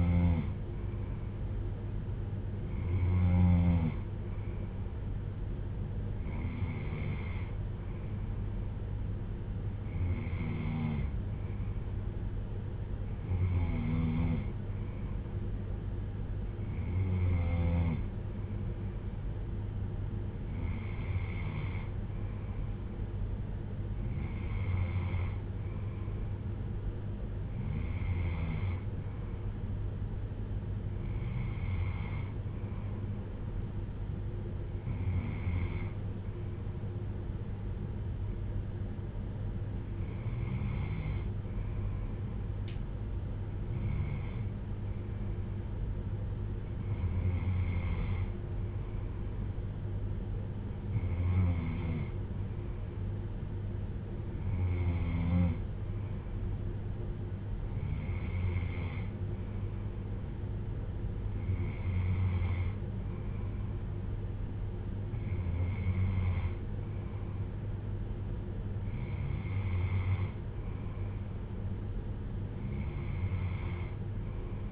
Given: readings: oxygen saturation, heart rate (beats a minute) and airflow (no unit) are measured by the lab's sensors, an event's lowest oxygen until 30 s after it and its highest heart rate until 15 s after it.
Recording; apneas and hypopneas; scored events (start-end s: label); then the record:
breathing in sleep by a smartphone at the bedside; none
none scored
From the record:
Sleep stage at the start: N2 (light sleep); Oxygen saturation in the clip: 93 to 95%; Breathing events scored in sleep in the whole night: 310 in 8.1 hours asleep